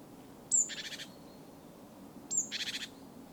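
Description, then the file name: Great tit call: twice a thin, high, falling note is followed straight away by a rasping, pulsed churr. "Parus major"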